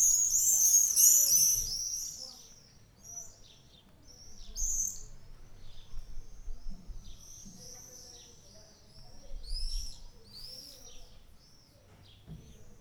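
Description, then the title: Swallows giving loud high twittering at first, then scattered chirps and short warbled bursts, with low rumbling noise in between. About twenty swallows flying fast low over houses in Ollo, Navarra, Spain, on a summer morning; birds said to stop twittering when recording starts. "Golondrinas En Ollo"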